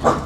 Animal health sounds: pig call; growing-finishing pig (85 days or more)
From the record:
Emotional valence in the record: positive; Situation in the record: run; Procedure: transit

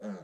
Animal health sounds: pig call; piglet (1 to 25 days)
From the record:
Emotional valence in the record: negative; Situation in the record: short isolation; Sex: male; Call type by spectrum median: low-frequency call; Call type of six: low-frequency stable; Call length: 0.24 s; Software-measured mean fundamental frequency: 69 Hz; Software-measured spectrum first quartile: 204 Hz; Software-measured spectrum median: 333 Hz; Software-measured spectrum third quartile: 636 Hz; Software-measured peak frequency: 200 Hz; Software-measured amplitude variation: 99 dB a second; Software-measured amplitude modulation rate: 6.1 a second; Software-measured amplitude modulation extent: 16.2 dB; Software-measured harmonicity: 3.8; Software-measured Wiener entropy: -0.19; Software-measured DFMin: 1223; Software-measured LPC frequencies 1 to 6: 497, 1441, 3355, 4170, 4475, 6359 Hz

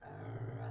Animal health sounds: pig call; weaner (32 to 43 days)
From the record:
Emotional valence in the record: negative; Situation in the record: restrain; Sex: male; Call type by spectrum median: low-frequency call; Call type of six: low-frequency stable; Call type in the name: low-frequency stable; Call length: 0.71 s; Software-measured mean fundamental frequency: 55 Hz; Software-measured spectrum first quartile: 119 Hz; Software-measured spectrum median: 284 Hz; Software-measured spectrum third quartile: 905 Hz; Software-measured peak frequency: 124 Hz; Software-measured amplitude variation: 138 dB a second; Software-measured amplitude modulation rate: 24.6 a second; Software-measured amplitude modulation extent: 5.6 dB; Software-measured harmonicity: 1.3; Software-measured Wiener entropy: -0.51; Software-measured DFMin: 925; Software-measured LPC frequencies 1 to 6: 675, 1511, 3165, 6263, 7750, 8553 Hz

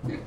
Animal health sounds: pig call; growing-finishing pig (85 days or more)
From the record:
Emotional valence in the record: positive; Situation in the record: run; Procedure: transit

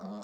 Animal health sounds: pig call; piglet (1 to 25 days)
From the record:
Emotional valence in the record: negative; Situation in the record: long isolation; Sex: female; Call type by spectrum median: low-frequency call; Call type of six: low-frequency tonal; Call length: 0.24 s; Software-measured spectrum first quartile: 205 Hz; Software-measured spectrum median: 397 Hz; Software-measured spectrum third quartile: 921 Hz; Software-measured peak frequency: 204 Hz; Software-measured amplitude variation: 56 dB a second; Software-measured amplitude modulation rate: 14.6 a second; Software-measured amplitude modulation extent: 3.8 dB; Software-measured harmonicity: 4.9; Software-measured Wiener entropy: -0.45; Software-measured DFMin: 965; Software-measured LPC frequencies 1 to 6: 577, 1192, 3483, 4356, 5105, 5667 Hz

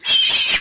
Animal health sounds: pig call; piglet (1 to 25 days)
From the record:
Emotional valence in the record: negative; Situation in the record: castration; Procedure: castration, cut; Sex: male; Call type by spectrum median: high-frequency call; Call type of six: high-frequency modulated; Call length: 0.61 s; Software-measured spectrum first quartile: 3006 Hz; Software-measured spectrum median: 3872 Hz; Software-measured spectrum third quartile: 6137 Hz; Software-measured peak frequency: 3155 Hz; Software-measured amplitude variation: 104 dB a second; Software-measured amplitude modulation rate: 18.8 a second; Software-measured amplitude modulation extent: 5.5 dB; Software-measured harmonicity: 4.1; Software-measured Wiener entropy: -2.40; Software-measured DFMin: 961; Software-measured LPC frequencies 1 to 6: 1083, 2545, 3164, 4056, 5409, 5985 Hz

